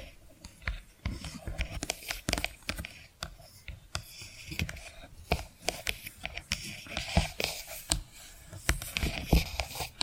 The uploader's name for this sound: Hypnotic Tapping & Scratching Sounds